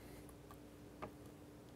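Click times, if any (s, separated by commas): none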